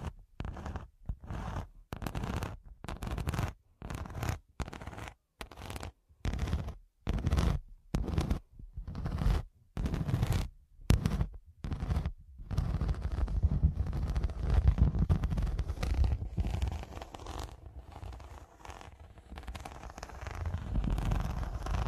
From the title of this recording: Pure Scratching